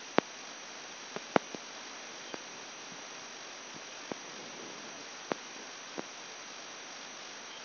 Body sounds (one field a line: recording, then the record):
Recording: brain microelectrode recording played as sound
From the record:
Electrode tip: outside the subthalamic nucleus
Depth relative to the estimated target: -7 mm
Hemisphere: left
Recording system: AlphaMap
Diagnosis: Parkinson's disease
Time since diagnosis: 10 years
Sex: male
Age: 58 years